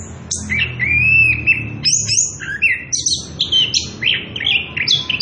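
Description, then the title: Orange-headed thrush song: a drawn-out whistled phrase, then quick chirps and varied whistles in rapid succession. Energetic continuous singing (ngerol) at high volume, used as a lure and training recording for young birds (trotolan). "Anis Kembang Gacor. pancingan anis kembang ngerol edan volume dasyattt cocok buat masteran trotolan"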